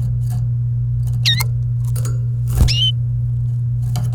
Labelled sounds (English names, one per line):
Domestic Canary song